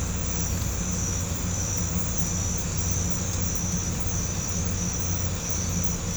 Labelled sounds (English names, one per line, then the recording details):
none
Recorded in pastures near Puerto Asís, Putumayo, Colombia, on 18 December 2024 at 02:30
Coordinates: 0.505, -76.324
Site G063